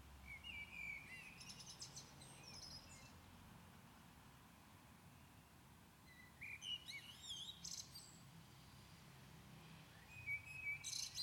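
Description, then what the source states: Common blackbird singing three phrases spaced several seconds apart, each low whistled notes breaking into a high, jangling twitter, with background hiss between. Recorded at Maindy.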